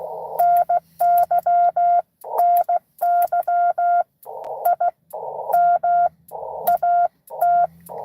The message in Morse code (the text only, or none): NY NY IM AT